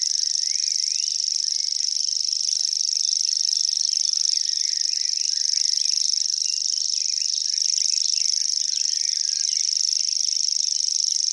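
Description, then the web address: Common grasshopper warbler reeling in one unbroken, rapid, high buzzing trill, joined by faint chirps and twitters from other birds. "fuglelyder gresshoppesanger"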